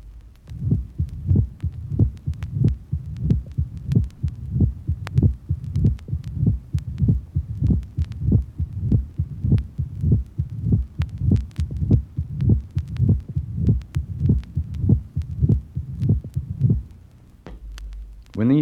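Adult heartbeat heard through a stethoscope, regular at about 100 a minute, with a soft hum between beats: an abnormal heart murmur.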